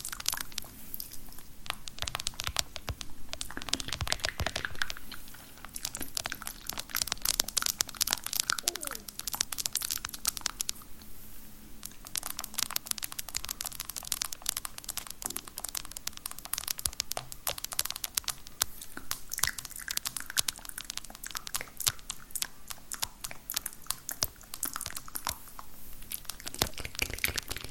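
Spit painting with long nails and random objects: a dense, fast stream of wet clicks, crinkles and tapping fills the whole stretch, bright and crisp. The texture shifts briefly near 5, 11 and 26 seconds, with short thinner pauses before the crackling resumes.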